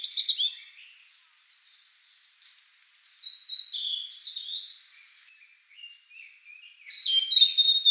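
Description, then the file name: Blue-and-white flycatcher song, clear high whistled phrases in three bursts separated by quiet gaps, with softer notes trailing between them. Recorded on 7 May 2014. "ooruri S 140507"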